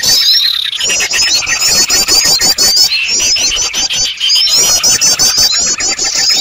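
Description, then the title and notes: Noisy birds chirp and twitter together in a constant high-pitched jumble, with sliding whistled notes threaded through and frequent short pulses. Noisy bird chorus used as a lure to attract birds. "Master Burung Ribut. Burung Ribut Pikat"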